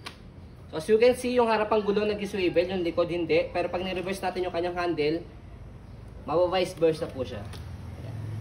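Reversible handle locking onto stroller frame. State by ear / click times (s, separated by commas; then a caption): not seated / none. Someone talks while handling the reversible handle on an Aprica Luxuna Air stroller, which is being flipped to the reversed position to lock onto the stroller frame. Nothing has seated or clicked yet; the handle has not locked in.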